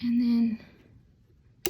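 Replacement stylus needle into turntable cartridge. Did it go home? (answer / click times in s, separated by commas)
yes / 1.7 s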